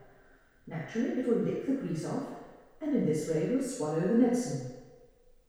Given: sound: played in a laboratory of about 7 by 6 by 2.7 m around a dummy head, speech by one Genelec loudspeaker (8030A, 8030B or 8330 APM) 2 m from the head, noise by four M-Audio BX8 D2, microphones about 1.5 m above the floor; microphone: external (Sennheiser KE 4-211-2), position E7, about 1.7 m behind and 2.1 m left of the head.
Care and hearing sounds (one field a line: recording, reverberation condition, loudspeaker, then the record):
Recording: female speech in English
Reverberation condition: high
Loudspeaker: behind (180 degrees)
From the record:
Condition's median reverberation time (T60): about 1300 ms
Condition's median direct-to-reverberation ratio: about -4.0 dB